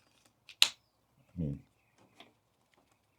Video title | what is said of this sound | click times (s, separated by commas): @TkellKnives Nightstalker, is this the ultimate carry option? | And the lock up on them is always fantastic. I mean, you hear that click. | 0.6 s